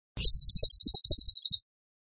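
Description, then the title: Bird song: a short burst of roughly fifteen quick, piercing chirps delivered evenly in under one and a half seconds. Masteran (training) recording of a bird singing vigorously (gacor) in the tembakan style. "Masteran Burung Tembakan Gacor"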